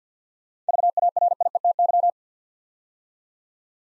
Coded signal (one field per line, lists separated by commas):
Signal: Morse code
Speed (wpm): 47 wpm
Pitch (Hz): 700 Hz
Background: none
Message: VARIETY